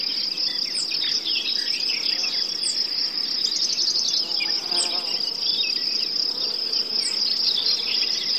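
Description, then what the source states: Crickets, fly and forest birds: continuous high cricket trilling with a fly's buzz passing through midway and a few sharp high bird notes spaced across. Forest; birds, crickets and a buzzing fly heard together.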